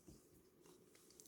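On a Tamiya Racing Fighter DT-03 TT 1/10 RC car kit, a freshly adjusted plastic servo linkage (a threaded rod with plastic rod ends) is pressed by its rod end onto a ball stud on the servo assembly. Faint handling rustle comes first, then a short, sharp click at 1.2 s as the rod end snaps home. The ball joint is seated, fitting together by itself and judged perfect.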